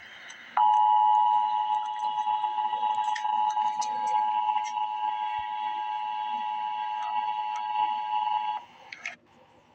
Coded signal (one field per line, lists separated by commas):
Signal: Emergency Alert System (SAME) tones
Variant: 853 and 960 Hz attention tone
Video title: Emergency Alert System - Special Weather Statement - Jan 14, 2025 at 5:13 PM EST